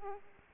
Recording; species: mosquito wingbeat signal from an infrared sensor; Aedes aegypti